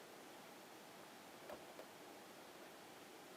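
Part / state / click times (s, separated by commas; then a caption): interchangeable lens onto SLR camera body mount / not seated / none. An interchangeable lens is lined up on the plastic lens mount of a Canon EOS Rebel GII SLR camera body, matching the red dot on the lens with the red dot on the mount before twisting it on; on this camera the lens doesn't really click into place. A steady broadband hiss runs throughout, with two faint soft handling taps near 1.5 and 1.8 seconds. Nothing has seated or clicked yet.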